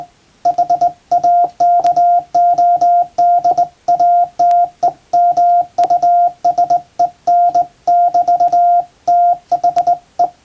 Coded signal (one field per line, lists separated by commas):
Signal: Morse code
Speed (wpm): 20 wpm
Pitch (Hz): 700 Hz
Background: none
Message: HAKODATE MUSEN <BT> THE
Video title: プロの船舶通信士が使用した絶品の電鍵！憧れの日本無線ＪＲＣの電鍵ＫＹ－３Ａで欧文モールス電報を叩く！ morse practice using JRC straight key